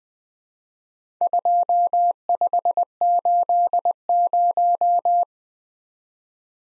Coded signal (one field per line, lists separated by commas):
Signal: Morse code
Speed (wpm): 20 wpm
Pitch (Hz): 700 Hz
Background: none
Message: 2580